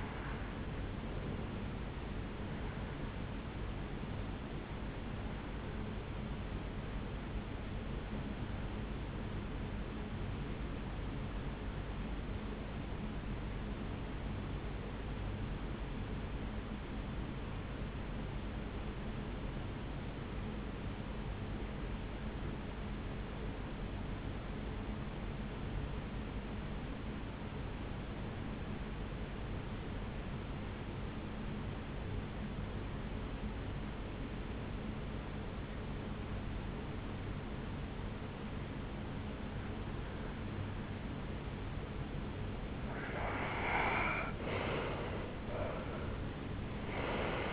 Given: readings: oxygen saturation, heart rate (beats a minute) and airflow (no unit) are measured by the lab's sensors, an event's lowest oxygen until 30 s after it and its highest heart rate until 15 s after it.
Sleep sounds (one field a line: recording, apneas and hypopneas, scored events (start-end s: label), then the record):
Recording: breathing in sleep by a voice recorder at the bedside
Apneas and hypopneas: 1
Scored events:
9.00-43.00 s: hypopnea (N1, oxygen 93% highest, then 76% lowest, heart rate 65 at the start, 78 highest)
14.00-44.00 s: new sleep stage, REM sleep
44.00-47.53 s: new sleep stage, N1 (lightest sleep)
From the record:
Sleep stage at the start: N1 (lightest sleep)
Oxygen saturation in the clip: 81 to 93%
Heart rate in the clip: 60 to 76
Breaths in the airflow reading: 12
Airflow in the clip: -11.6 to 7.0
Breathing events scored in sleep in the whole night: 449 in 7.0 hours asleep